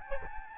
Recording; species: mosquito wingbeat signal from an infrared sensor; Aedes albopictus